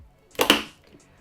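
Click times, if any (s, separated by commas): 0.4 s, 0.5 s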